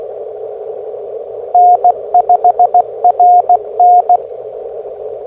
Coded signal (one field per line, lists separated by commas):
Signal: Morse code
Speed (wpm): 16 wpm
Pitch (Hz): 720 Hz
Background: radio noise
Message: N5RN